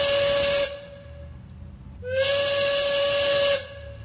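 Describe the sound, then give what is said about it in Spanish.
A steam train whistle marks the third station of the radio segment Tren de la Tarde. It sounds twice, each a long steady blast with a bright hissing top: the first about half a second, the second about a second and a half, separated by a quieter pause. “Ahora sí, listos para viajar ya a la tercera estación del Tren de la Tarde.”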